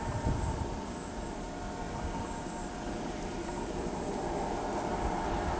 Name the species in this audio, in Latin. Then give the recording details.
none. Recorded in pastures near Pivijay, Magdalena, Colombia, on 13 April 2023 at 14:30. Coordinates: 10.456, -74.369. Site P6-G026